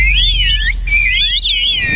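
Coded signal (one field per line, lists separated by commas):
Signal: whistled language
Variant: Turkish kuş dili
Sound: several shrill gliding whistles rising and falling together, briefly pausing, then resuming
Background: low rumble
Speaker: the minute we landed we were greeted like this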